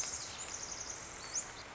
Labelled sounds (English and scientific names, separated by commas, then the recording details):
Pacific Wren (Troglodytes pacificus)
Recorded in Sonoma County, California